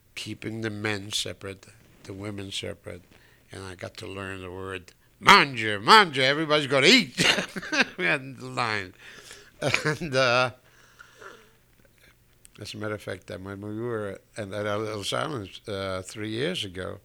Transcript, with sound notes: keeping the men separate, the women separate, and I got to learn the word, "Mangia, mangia, everybody's got to eat! " (he laughs) On the line. And, uh, as a matter of fact, when we were at Ellis Island three years ago,